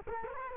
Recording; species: mosquito wingbeat signal from an infrared sensor; Culex quinquefasciatus